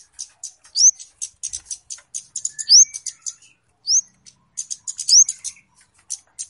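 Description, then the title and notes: Flowerpecker chirping: thin, high clicking chips in irregular bursts, with occasional sharp rising upslurs and short silent gaps. Local names kemade and cabe cabean; clear recording used as a lure (pikat). "Kicau Burung Kemade ( Cabe Cabean) Jernih. Suara Burung Cabe Cabean Pikat"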